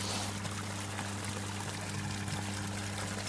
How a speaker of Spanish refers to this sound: Bueno, a ver, espera, que pongo un poquillo de agua de fondo para bañarme en los pies. Uf, qué fría está.